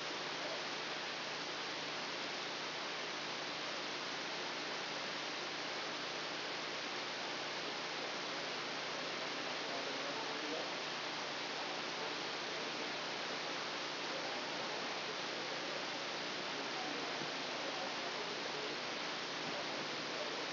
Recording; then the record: brain microelectrode recording played as sound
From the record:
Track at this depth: outside the subthalamic nucleus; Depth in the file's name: -0.483 mm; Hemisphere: left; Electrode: 2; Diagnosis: Parkinson's disease